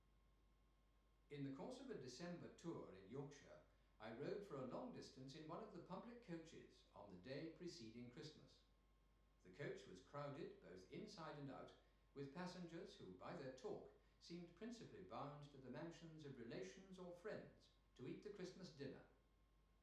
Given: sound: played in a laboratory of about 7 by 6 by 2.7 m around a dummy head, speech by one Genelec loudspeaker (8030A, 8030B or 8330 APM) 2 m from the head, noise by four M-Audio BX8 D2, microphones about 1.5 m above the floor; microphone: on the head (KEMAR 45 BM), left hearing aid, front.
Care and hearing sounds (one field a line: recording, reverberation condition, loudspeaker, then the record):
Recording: male speech in English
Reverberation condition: medium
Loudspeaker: behind (180 degrees)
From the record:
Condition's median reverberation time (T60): about 510 ms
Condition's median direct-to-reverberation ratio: about -0.5 dB